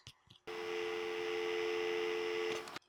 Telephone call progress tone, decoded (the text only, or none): dial tone